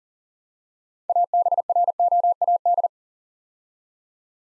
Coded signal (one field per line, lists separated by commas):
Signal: Morse code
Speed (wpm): 41 wpm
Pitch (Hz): 700 Hz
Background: none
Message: ABROAD